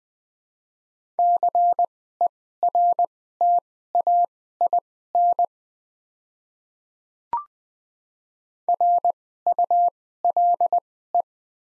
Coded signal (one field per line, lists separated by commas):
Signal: Morse code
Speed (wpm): 20 wpm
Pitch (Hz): 700 Hz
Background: none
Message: CERTAIN RULE